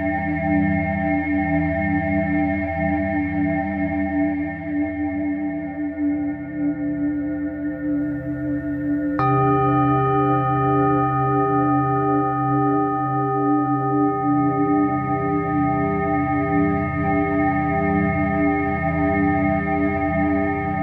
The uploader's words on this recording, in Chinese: 肠及DNA频率281-528Hz丨颂钵。